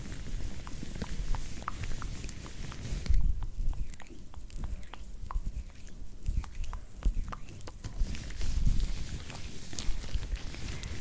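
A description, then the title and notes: Close-up hand movements make a busy stream of small crisp clicks, taps and scrapes, arriving irregularly several times a second over a thick, steady low rumble. After about three seconds the hiss above thins out, leaving the clicks sharper, before filling back in near the end. ASMR Intense Layered Sounds + Closeup Hands movements.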